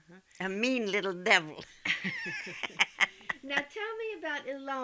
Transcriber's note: they laugh